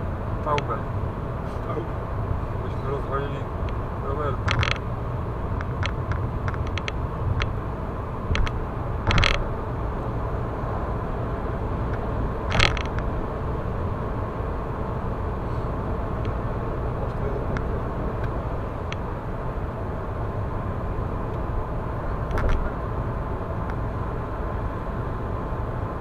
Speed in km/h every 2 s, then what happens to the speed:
104, 103, 103, 103, 102, 102, 102, 103, 103, 102, 99, 99, 99.
0-26 steady at about 102.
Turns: none.